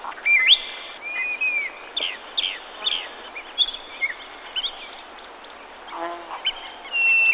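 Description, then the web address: Birds singing, with clear whistled notes, some rising and some falling, rising above a steady background hiss and overlapping chirps from several callers. "Napa Valley Cellar. sons de passaros"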